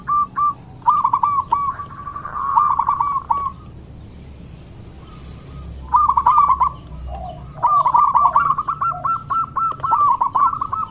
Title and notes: Pancingan Perkutut Durasi Panjang. Suara Burung Perkutut Gacor